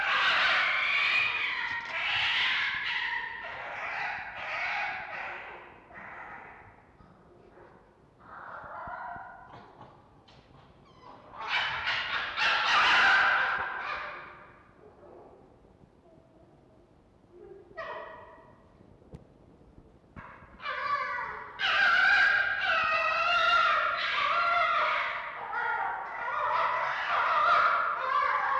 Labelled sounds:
Red Fox
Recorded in captivity
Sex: male
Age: adult
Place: Zoologisches Institut der HUB, Berlin, DE
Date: 1952-04-02 19:30
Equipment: Elmetra
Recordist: Tembrock, Günter
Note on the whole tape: Jupp: Pfau-Schrei (I,II,III); Franzl (?): helles Keckern; (?): Angstwinseln

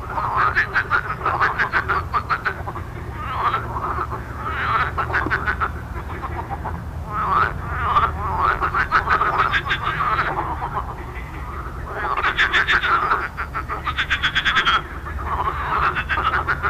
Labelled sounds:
Marsh Frog call
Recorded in the wild
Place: Marburg, Hessen, DE
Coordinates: 50.8089, 8.7725
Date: 1964-05-10 21:35
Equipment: Uher Report 4000, AKG D190
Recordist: Krey, Winfried

